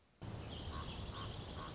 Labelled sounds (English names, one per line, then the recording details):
Dark-eyed Junco
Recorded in Sonoma County, California